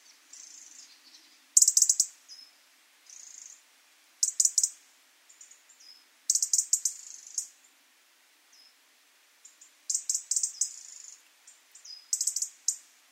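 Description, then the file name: European robin producing loud bursts of rapid high ticks mixed with short thin whistled phrases, repeated every second or two. "Erithacus rubecula"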